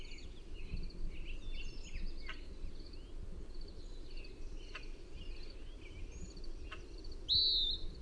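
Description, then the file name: Western wood-pewee giving one peeer call near the end, after scattered soft twitters from other birds over constant low background noise. Call type given as peeer. "WEWP peeer"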